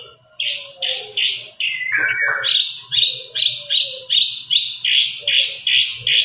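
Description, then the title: White-rumped shama song of bright, rapidly repeated chattering phrases, with a low slurred whistle in the middle. White-rumped shama singing prolifically (gacor), used as a lure to make other birds respond. "PANCINGAN MURAI BATU GACOR, LANGSUNG RESPON"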